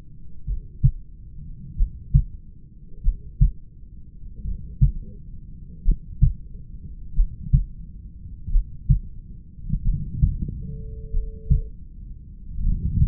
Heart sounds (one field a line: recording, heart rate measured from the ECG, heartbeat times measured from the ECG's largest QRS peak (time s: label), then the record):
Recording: heart sounds by stethoscope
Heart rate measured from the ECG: 44 bpm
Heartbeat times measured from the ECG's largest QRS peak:
0.50 s: heartbeat
1.81 s: heartbeat
3.07 s: heartbeat
4.48 s: heartbeat
5.88 s: heartbeat
7.19 s: heartbeat
8.55 s: heartbeat
9.87 s: heartbeat
11.16 s: heartbeat
12.65 s: heartbeat
From the record:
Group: heart failure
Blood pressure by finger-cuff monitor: 96/65 mmHg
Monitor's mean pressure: 75 mmHg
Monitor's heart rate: 46 bpm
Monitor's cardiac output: 4 L/min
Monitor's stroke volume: 89 mL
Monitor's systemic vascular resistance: 1340 dyn s/cm5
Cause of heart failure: familial cardiomyopathy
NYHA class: 1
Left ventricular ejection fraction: 49%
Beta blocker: bisoprolol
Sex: male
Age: 31 years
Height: 194 cm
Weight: 96 kg